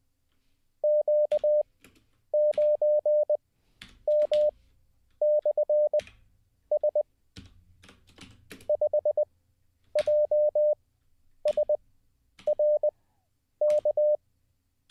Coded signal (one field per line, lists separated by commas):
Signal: Morse code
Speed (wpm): 20 wpm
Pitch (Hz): 600 Hz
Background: none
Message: Q9M/S 5JSRK